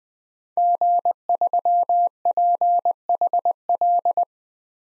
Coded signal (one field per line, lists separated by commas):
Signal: Morse code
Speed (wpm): 20 wpm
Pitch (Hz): 700 Hz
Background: none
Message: G3PHL